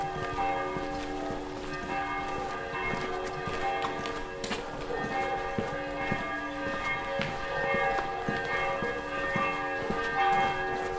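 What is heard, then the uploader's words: Church bells ring continuously, their overlapping tones hanging in a dense, steady shimmer of bright and mid-pitched ringing. Sharp knocks and clicks, like footsteps or hooves, recur irregularly beneath them, with a louder strike near four and a half seconds. Galaxidi, Greece. 7am. Sunday bells.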